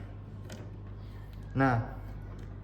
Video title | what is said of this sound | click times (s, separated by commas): Tugas Merakit PC dan meng-install operating system | pastikan bunyi cetek ya. Cetek, nah otomatis kunci sendiri dia. | 0.5 s